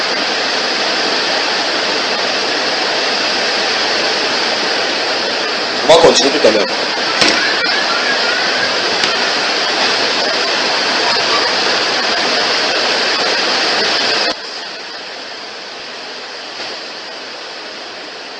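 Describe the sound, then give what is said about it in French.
Heavy rain pours in a dense, steady hiss, with a few brief knocks partway through and a man speaking briefly over it. Near the end the downpour drops to a softer patter. “demandons au Seigneur que comme il fait pleuvoir là, il pleuve également dans vos vies.”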